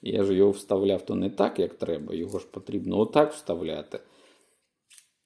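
Someone talks while handling a replaceable soldering tip, re-inserting it into a portable soldering iron the correct way after first putting it in wrongly. The talk fades out, and a brief faint tap is heard at about 5.0 s. The tip has not clicked or seated in the iron yet.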